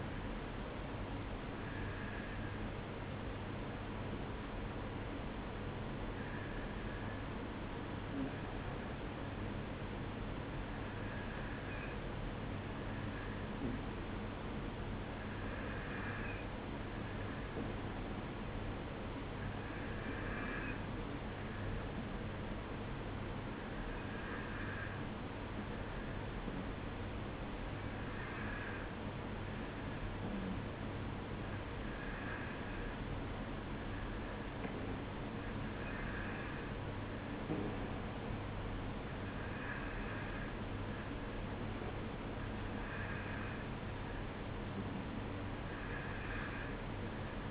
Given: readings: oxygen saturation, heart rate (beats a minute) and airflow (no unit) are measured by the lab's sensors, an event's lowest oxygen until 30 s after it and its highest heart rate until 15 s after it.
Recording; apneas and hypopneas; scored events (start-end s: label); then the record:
breathing in sleep by a voice recorder at the bedside; 1
4.00-43.40 s: hypopnea (N2, oxygen 94% highest, then 92% lowest, heart rate 56 at the start, 56 highest)
From the record:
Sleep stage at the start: N2 (light sleep); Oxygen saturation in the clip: 93 to 94%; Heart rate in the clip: 52 to 56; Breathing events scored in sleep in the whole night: 305 in 9.6 hours asleep